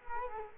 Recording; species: mosquito wingbeat signal from an infrared sensor; Culex quinquefasciatus